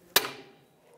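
On the rear drum brake of a 2006–2011 Chevrolet HHR, a large steel return spring, stretched over onto the brake shoe and anchor with locking pliers but not fully seated, is tapped with a hammer. One sharp metallic strike lands at 0.2 s, and its bright ring fades over the next few tenths of a second. The spring is seated home.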